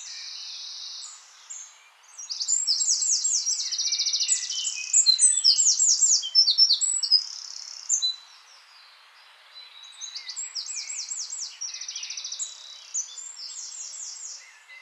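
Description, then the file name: Eurasian wren with vigorous high trilled song, a long rattling phrase followed by a softer second run of quick notes. "Troglodytes troglodytes"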